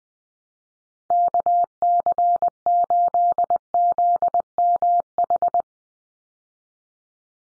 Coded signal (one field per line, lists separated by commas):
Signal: Morse code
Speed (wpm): 20 wpm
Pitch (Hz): 700 Hz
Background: none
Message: KC8ZMH